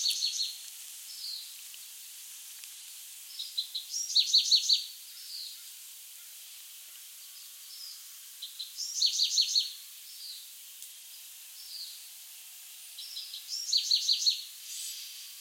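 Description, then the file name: Bewick's wren delivering repeated song phrases: short, high, trilling bursts about every five seconds, interspersed with quiet scattered notes over steady background noise. "Thryomanes bewickii - Bewick's Wren"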